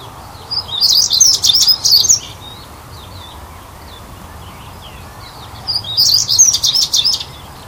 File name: Saxicola rubicola - European Stonechat